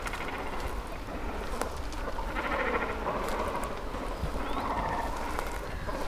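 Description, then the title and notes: Cormorants giving gruff, bleating calls over a constant low rumble. Breeding colony of cormorants sitting on their nests and flapping up and down, Zemitz, Germany; recorded with a TASCAM DR-100. "Zemitz, Deutschland - Kormorane brüten. breeding cormorants. Die Kormorane sitzen auf Ihren Nestern und flattern auf und ab"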